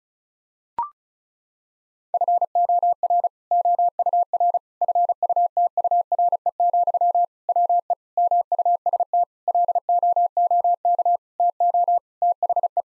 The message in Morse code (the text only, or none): FOR OUR FUTURE, WE MUST LOOK TO THE